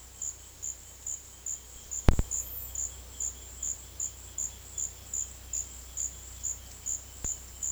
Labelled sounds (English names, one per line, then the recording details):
Roadside Hawk
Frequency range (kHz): Roadside Hawk 2.6-3.8 kHz
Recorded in dense forest near Puerto Asís, Putumayo, Colombia, on 19 February 2024 at 14:00
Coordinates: 0.485, -76.322
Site G6406